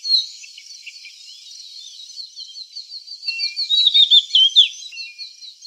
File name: Copsychus saularis